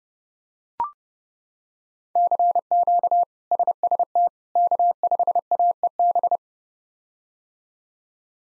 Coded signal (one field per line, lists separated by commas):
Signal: Morse code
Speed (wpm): 30 wpm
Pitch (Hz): 700 Hz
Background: none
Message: CQ SST K5AEB